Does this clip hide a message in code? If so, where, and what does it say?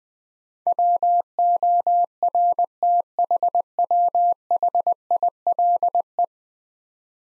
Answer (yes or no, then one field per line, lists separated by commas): yes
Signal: Morse code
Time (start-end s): 0.7-6.2 s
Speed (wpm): 20 wpm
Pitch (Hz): 700 Hz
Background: none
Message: WORTHWHILE